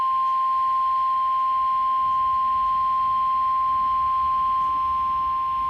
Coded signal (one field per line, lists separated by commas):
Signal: Emergency Alert System (SAME) tones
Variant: 1050 Hz attention tone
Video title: SEVERE THUNDERSTORM WARNING (EAS ALERT 96)